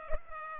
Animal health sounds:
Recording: mosquito wingbeat signal from an infrared sensor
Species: Culex pipiens

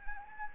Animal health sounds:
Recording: mosquito wingbeat signal from an infrared sensor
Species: Anopheles arabiensis

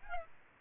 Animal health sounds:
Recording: mosquito wingbeat signal from an infrared sensor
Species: Aedes albopictus

